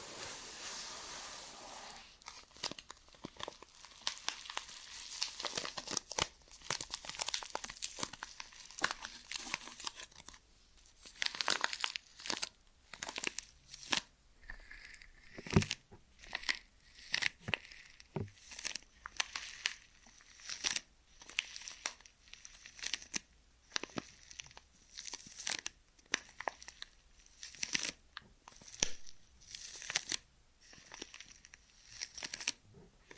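Ear and scalp massage sounds made of dense crinkling, rustling and scratchy brushing strokes. The first ten seconds are thick and continuous, then the strokes become separate bursts repeating about once or twice a second, bright and hissy with little low sound.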